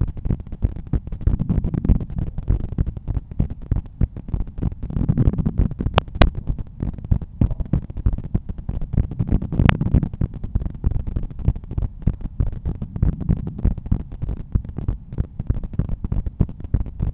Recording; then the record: heart sounds by stethoscope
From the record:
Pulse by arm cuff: 96 bpm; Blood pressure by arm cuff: 136/87 mmHg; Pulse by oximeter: 96 bpm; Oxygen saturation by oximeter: 98%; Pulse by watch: 103 bpm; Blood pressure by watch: 130/84 mmHg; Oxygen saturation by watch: 96%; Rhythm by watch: sinus rhythm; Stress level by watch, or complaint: low stress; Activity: after 5 min smoking and coffee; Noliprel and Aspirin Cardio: before pills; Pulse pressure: 49 mmHg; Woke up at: 7:20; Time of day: 8:20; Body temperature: 36.5 C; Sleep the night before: 7 h 55 min, score 79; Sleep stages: REM 22%, light 61%, deep 7%, awake 10%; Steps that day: 8800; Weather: sunny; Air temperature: 14.5 C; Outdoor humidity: 89%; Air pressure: 1014 hPa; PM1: 4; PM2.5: 7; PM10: 8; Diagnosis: hypertension, treated with Noliprel and Aspirin Cardio 100 mg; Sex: male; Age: 53 years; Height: 174 cm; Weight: 81 kg